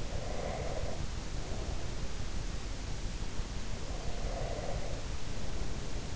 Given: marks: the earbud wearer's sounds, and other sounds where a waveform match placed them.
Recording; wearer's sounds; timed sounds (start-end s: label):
sounds in sleep by an in-ear microphone; breath
0.00-1.84 s: breath
3.80-6.14 s: breath